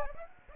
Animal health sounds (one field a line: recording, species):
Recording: mosquito wingbeat signal from an infrared sensor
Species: Aedes aegypti